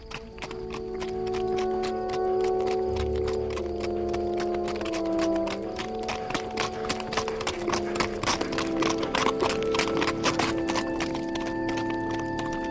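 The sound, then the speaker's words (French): A horse trots along a road following the dry bed of the Durance, with a steady, brisk clip-clop of hooves striking hard ground, the beats crisp and evenly spaced, over a continuous low droning tone. “Le trot du cheval faisait tourner très lentement de chaque côté de la route, comme les rayons rigides d'une roue, des rangées d'arbres raides”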